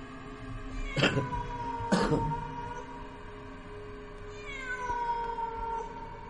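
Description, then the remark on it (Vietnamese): A stray cat in a village wails in long, drawn-out, tonal cries that waver in pitch, punctuated by two sharp bursts of noise near the start, with no one talking. “nó kêu lên não lòng kinh khủng lắm. Vũ lẩm bẩm, mẹ nó chứ, đã có người chết, ở cái làng ma còn nhiều hơn người, giữa cái tháng cô hồn mà lại còn mèo hoang”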